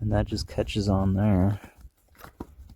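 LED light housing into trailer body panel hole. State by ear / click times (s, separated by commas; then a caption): seated / 2.4 s. A new LED trailer light is pressed two-handed into a cut hole in the metal panel of a 2006 car hauler trailer, a ridge on its housing catching behind the metal tang. Someone talks at first, then after quieter handling noise a sharp snap at 2.4 s marks the light seating in the hole.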